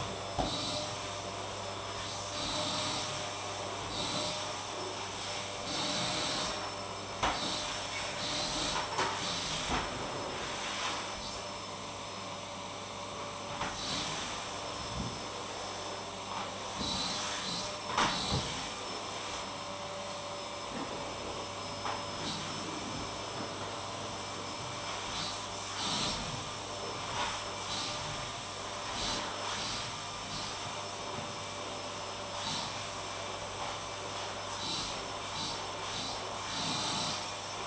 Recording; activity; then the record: daily activity, microphone in the room; vacuum cleaning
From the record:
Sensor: 1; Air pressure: 1000.2 hPa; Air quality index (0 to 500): 139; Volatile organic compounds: 2 ppm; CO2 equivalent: 1307 ppm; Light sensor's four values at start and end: 33/82/35/42 and 32/80/34/41